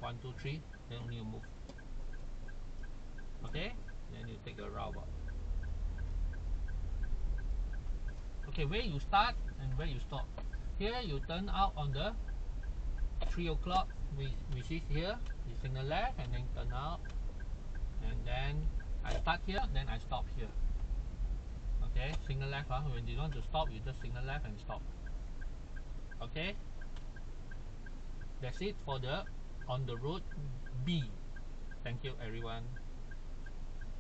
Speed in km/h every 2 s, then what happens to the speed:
0, 0, 4, 8, 7, 6, 6, 7, 10, 9, 9, 9, 6, 0, 0, 0, 0.
0-3 standing. 3-6 pulls away to 8. 6-22 steady at about 8. 22-25 slows to 0. 25-34 standing.